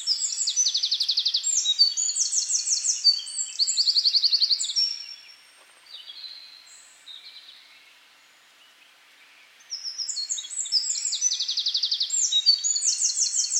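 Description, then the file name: Eurasian wren giving two bouts of loud, high, rapidly trilled song, the first lasting about five seconds, then a pause before a second vigorous bout begins. "Troglodytes troglodytes"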